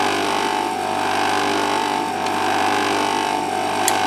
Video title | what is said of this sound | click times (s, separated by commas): Logging 101, episode 4, sharpening chainsaw chain | thing's got some positive clicks as you might be able to hear in there and so | 3.9 s